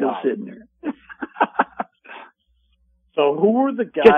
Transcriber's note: laughs